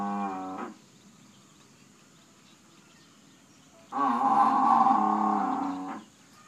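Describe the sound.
Buffalo call trailing off at the start, then after a quiet gap a loud, deep moo of about two seconds.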